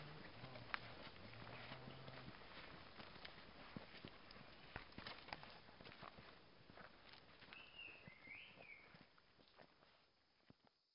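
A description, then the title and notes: Footsteps crunch steadily along a mountain trail, dense, with frequent sharp snaps and scuffs. Around eight seconds a brief whistled phrase rises and falls over the walking, and a low hum sits underneath early on. The steps thin and grow quieter toward the end. Thailand - trekking with whistling guide. Walking with a guide (whistling and singing song) along a trail in mountains of Namtok Mae Surin National Park in the northwest of Thailand, near the border with Burma.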